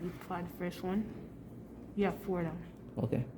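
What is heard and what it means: The first of four metal battery holder clips is being handled at a corner of a SparkFun Simon Says kit circuit board while someone talks. Brief handling noise is heard near the end, but nothing has seated or clicked yet.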